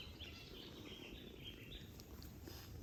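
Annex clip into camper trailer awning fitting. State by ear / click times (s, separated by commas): not seated / none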